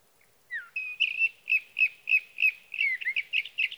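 Sage thrasher song: a slurred opening note, then a steady series of short chirpy phrases repeated about three times per second, ending in quicker jumbled warbling.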